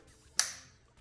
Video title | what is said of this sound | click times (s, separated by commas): 2019-2025 KIA SOUL - Bad Camshaft Position Sensors | And then you simply reconnect the connector. Listen for the click. | 0.4 s